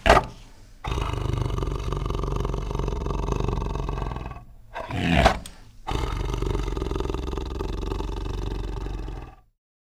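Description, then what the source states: Tiger growling: a long, deep rumbling growl, a short breathy burst near the middle, then another sustained low growl that ends in silence. Growling with chuffs.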